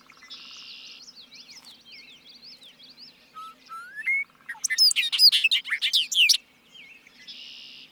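Bobolink song, a short jangling burst of bright, tumbling notes after a few rising whistles, with softer twittering of other birds before and after.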